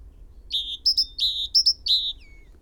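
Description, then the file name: Great tit song, a rapid run of fuller lower notes alternating with pairs of high chips, ending with a faint falling whistle. "Parus major"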